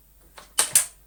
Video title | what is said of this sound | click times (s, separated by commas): A Pair of FREE Dysons! Unwrapping & First Look | bins okay it's a bit stiff to be kind and lock into place again | 0.6 s, 0.8 s